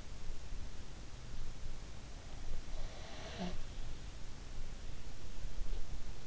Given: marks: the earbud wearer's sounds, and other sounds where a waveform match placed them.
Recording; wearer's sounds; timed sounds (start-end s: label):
sounds in sleep by an in-ear microphone; breath
2.64-3.55 s: breath